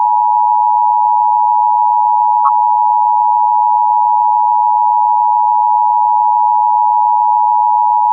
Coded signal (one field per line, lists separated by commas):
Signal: Emergency Alert System (SAME) tones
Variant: 853 and 960 Hz attention tone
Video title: Emergency Alert System on September 11, 2001